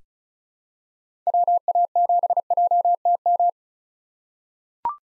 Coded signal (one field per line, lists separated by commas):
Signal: Morse code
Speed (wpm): 34 wpm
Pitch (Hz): 700 Hz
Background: none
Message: WA7JTM